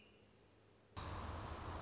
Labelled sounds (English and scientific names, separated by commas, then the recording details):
American Robin (Turdus migratorius)
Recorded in Sonoma County, California